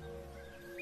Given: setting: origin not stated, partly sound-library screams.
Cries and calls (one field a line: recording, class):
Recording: one-second piece from a danger detection set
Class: normal situation